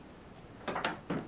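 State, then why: Not seated. The second locking lever on the adapter plate of a miter saw, mounted on a Metabo KSU 251 mobile chop saw stand, is handled. Three short, broadband knocks and rattles are heard at about 0.7, 0.9 and 1.1 seconds. The lever has not yet been pushed down into place, and nothing has seated or clicked yet.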